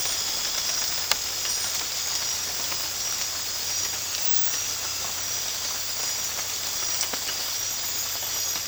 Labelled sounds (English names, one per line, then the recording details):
none
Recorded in dense forest near Puerto Asís, Putumayo, Colombia, on 8 March 2025 at 03:30
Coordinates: 0.484, -76.325
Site G045